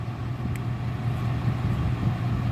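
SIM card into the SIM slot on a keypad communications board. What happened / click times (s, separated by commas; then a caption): The card is being handled but has not yet clicked into its slot / none. A SIM card is being handled for pushing back into the spring-loaded SIM slot on the communications board of a Summit Ascent X1 keypad. A steady low rumble runs throughout, with a brief faint tick near 0.6 s. Nothing has seated or clicked yet.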